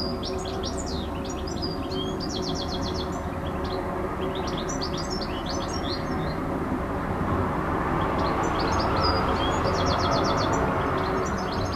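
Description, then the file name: Bird song: repeated phrases of high chirps and fast rattling trills, with loud low rumbling noise in the background. Recorded 26 June 2014 with an MZ-N710 device. "Chant d oiseau 26 06 14"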